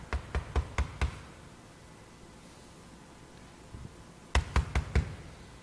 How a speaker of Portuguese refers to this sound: Eis que estou à porta e bato. Se alguém abrir, eu entrarei.